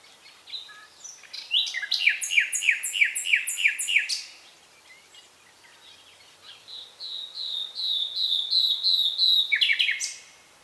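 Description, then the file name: Common nightingale song: a series of repeated descending whistled notes at a steady pace, a pause, then a long run of rapid ringing notes. "Luscinia megarhynchos"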